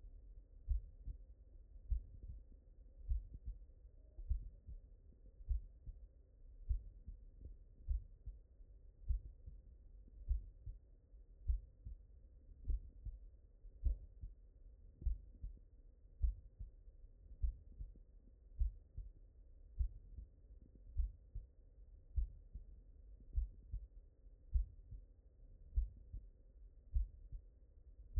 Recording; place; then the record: heart sounds by stethoscope; mitral valve (MV)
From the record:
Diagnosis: non-HFrEF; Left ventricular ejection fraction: 69%